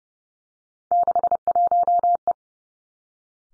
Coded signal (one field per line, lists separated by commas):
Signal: Morse code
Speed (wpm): 30 wpm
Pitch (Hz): 700 Hz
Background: none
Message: 61E